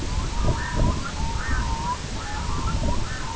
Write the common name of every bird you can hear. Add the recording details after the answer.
Red-throated Loon. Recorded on Arctic tundra, site IGLO-B, on 22 June 2018. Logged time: 21:59